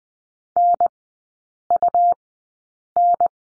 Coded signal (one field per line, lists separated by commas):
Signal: Morse code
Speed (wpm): 20 wpm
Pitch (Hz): 700 Hz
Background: none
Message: NUN